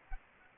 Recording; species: mosquito wingbeat signal from an infrared sensor; Anopheles arabiensis